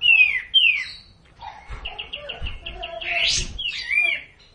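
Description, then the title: Hill blue flycatcher giving two sharp descending whistles, a soft bubbling trill, then a rising buzzy note and a final slurred whistle, with faint low rumbling. Song delivered in the kapas tembak song style. "cililin kapas tembak"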